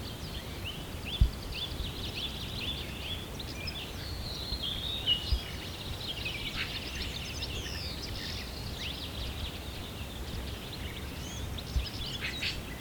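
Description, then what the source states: Birds in a dawn chorus, many overlapping high chirps and short whistled phrases throughout, over steady low background rumble. Birds recorded at sunrise, morning.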